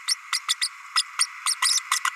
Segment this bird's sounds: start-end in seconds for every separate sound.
0.07-0.15, 0.32-0.39, 0.48-0.54, 0.61-0.69, 0.96-1.03, 1.19-1.26, 1.46-1.55, 1.62-1.80, 1.91-1.99, 2.05-2.10